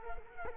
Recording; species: mosquito wingbeat signal from an infrared sensor; Culex quinquefasciatus